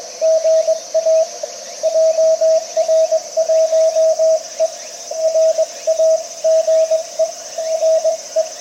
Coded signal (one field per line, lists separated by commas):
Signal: Morse code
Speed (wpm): 23 wpm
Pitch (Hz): 590 Hz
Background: radio noise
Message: GA JR1E RAGE RE